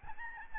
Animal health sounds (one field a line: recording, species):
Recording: mosquito wingbeat signal from an infrared sensor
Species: Aedes albopictus